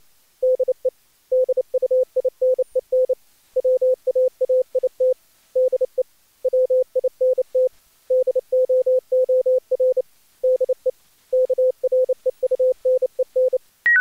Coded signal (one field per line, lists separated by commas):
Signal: Morse code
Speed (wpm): 28 wpm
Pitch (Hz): 510 Hz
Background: none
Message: DE DUINEN WAAIT DE WINT DOOR DE KREUNEN